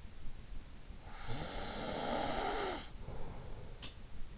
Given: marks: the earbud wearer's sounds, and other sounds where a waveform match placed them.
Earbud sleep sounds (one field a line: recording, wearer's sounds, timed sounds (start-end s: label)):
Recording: sounds in sleep by an in-ear microphone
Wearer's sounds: snoring breath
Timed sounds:
1.10-3.95 s: snoring breath